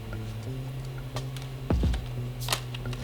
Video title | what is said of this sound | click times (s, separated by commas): Sony A7C Unboxing! | Hear that crisp snap in. | 2.5 s